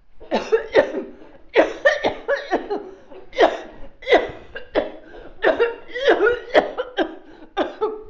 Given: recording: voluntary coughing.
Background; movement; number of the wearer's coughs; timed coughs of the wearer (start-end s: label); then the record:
a bystander coughing; walking; 13
0.30-0.72 s: cough
0.72-1.15 s: cough
1.53-1.90 s: cough
1.90-2.40 s: cough
2.50-2.81 s: cough
3.36-3.89 s: cough
4.02-4.61 s: cough
4.73-5.04 s: cough
5.41-5.80 s: cough
5.90-6.49 s: cough
6.52-6.91 s: cough
6.96-7.22 s: cough
7.55-8.04 s: cough
From the record:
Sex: female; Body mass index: 21.8 kg/m2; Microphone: on the chest, facing outward